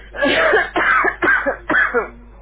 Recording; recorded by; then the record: voluntary cough; telephone call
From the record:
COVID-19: positive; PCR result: checked with the laboratory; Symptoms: no